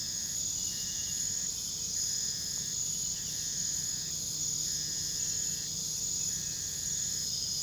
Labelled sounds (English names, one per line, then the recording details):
none
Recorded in pastures near Puerto Asís, Putumayo, Colombia, on 20 February 2024 at 05:00
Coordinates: 0.486, -76.323
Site G6462